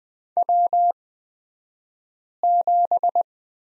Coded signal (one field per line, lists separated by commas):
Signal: Morse code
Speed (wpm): 20 wpm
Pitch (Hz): 700 Hz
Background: none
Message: W7